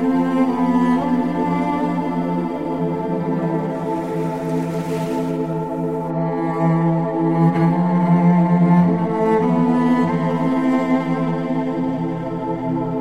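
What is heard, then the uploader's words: Piano playing sustained, overlapping notes that ring into one another, low and mid tones held steady with gentle swells and a soft hiss. Beautiful Piano.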